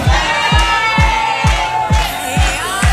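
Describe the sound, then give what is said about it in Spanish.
A live studio audience of listeners at radio station Urbana Play 104.3 cheers and shouts steadily, layered with a pounding low beat of about two thumps per second, like rhythmic stomping or a kick drum, loud and continuous throughout. “No nos creen que hay oyentes en vivo.”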